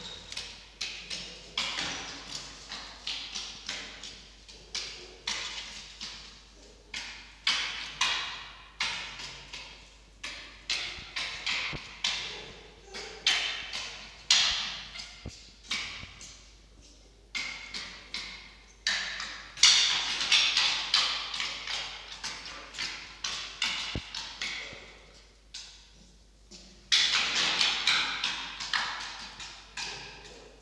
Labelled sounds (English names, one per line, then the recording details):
Red Fox
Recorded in captivity
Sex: group
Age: diverse
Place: Zoologisches Institut der HUB, Berlin, DE
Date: 1953-06-30 18:25
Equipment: Elmetra
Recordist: Tembrock, Günter